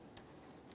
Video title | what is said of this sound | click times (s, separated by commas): How to Replace Radiator Cooling Fan Assembly 2017-2024 GMC Acadia | press it in listen for a click | 0.2 s